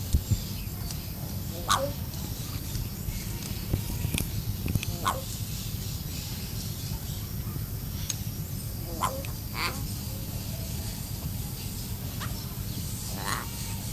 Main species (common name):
Yellow-faced Myna